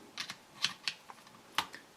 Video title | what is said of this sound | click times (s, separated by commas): Bushnell Forge 15x56 Binocular: First Look & Overview | locks in place | 1.6 s